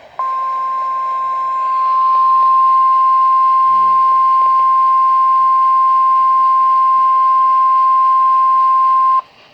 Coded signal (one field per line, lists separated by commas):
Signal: Emergency Alert System (SAME) tones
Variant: 1050 Hz attention tone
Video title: Required Weekly Test - 03/19/2020 (EAS #298)